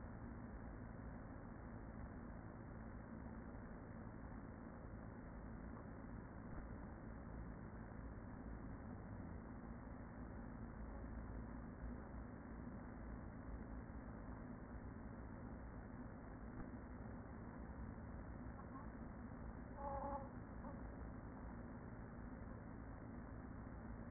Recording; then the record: honeybee colony, microphone inside the hive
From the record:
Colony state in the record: queen present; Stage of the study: after two queens were removed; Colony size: about 40,000 bees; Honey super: no